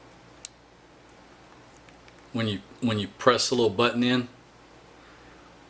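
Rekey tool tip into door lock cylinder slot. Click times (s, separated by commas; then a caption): 0.5 s. The metal tip of a rekey tool is pushed into the small slot beside the keyway of a Kwikset SmartKey door knob lock cylinder to press the internal button, giving a sharp click at 0.5 s. The cylinder releases, so the old key can be pulled out, and someone talks afterward.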